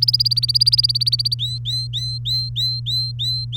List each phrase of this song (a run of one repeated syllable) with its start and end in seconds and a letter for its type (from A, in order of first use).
0.00-1.34 A, 1.39-3.57 B